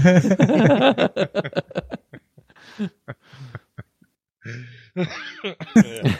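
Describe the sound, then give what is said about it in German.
A run of harsh, breathy coughs, starting with a voiced, throaty burst and breaking into several short, sharp hacks separated by brief pauses, then a rougher throat-clearing rasp at the end. “Ein Husten zum Rausschneiden.”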